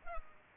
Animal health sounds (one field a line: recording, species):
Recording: mosquito wingbeat signal from an infrared sensor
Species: Culex pipiens